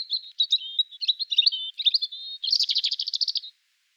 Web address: erithacus rubecula call